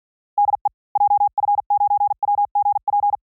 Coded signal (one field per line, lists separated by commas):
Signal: Morse code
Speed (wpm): 48 wpm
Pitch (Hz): 810 Hz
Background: none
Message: DE JF9WGP